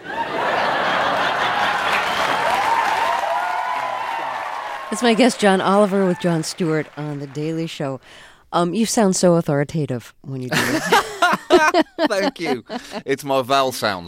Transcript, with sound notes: That's my guest, John Oliver, with Jon Stewart on "The Daily Show." You sound so authoritative when you... (Soundbite of laughter) Thank you, it's my vowel sounds.